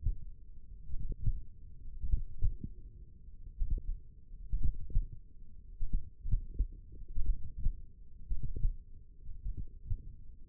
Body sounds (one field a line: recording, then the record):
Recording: forearm muscle sounds (acoustic myography)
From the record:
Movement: tripod grip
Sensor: system 1, eight BSWA MPA416 microphones around the upper forearm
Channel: 2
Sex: male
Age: 42 years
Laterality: right